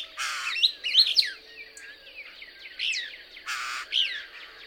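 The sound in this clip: Couch's Kingbird twittering in quick, wavering chips, interrupted by two harsh, broad rasping bursts, with a faint continuous high tone behind.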